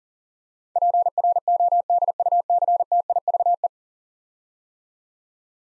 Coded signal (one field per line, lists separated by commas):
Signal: Morse code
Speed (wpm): 40 wpm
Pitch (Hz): 700 Hz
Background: none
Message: PRODUCTIVE